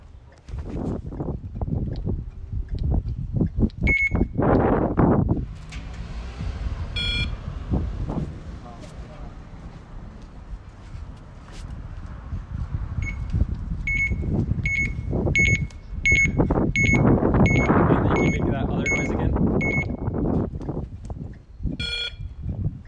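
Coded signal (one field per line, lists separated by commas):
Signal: alarm pattern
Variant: USPS mail truck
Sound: series of short evenly spaced high beeps, about eight, from a vehicle amid talking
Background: speech, vehicle and outdoor noise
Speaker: my dog goes crazy with noises the mail truck I'm hoping to try and record the beeping that you do on my phone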